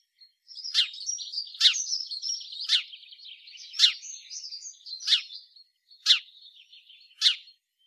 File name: Passer domesticus